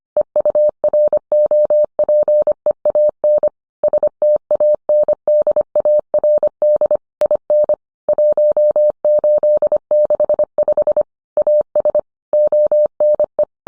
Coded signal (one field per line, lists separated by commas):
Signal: Morse code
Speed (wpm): 25 wpm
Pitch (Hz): 600 Hz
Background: none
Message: EUROPEAN STANDARD IN 1865 AS ONE